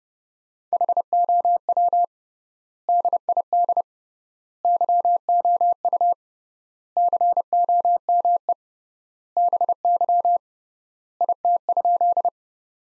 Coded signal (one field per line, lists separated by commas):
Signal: Morse code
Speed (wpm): 30 wpm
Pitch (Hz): 700 Hz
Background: none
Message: HOW DID YOU COME BY IT?